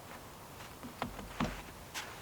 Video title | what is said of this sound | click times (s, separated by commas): GO FAST CAMPERS Platform Camper First Impressions / Review | and they snap into place and | 1.0 s, 1.4 s